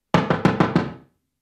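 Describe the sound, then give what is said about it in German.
Five quick, evenly spaced knocks on a door, loud and hollow-sounding, rapping in a steady rhythm before falling silent. No voices accompany them. “Herr Steiger! Machen Sie die Tür auf!”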